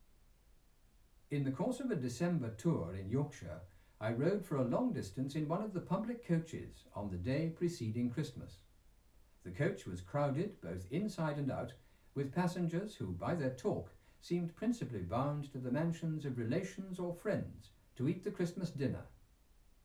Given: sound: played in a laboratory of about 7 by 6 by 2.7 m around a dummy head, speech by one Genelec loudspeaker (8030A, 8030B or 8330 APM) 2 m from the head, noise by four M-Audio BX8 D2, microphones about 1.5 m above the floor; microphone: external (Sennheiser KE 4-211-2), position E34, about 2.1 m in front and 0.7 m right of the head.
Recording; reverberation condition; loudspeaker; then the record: male speech in English; low; 150 degrees to the right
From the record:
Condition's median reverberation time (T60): about 310 ms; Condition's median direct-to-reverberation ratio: about 3.5 dB